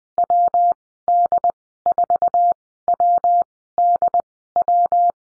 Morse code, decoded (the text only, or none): WD4WDW